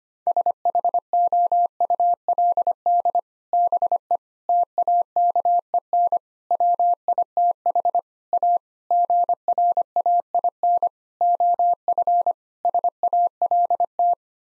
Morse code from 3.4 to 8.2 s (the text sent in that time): BE TAKEN WITH